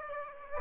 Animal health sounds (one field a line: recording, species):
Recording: mosquito wingbeat signal from an infrared sensor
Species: Aedes aegypti